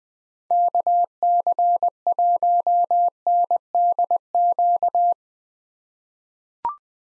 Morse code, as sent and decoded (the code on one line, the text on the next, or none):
-.- -.-. .---- -. -.. --.-
KC1NDQ